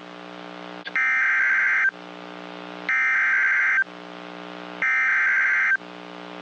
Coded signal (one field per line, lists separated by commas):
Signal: Emergency Alert System (SAME) tones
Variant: header bursts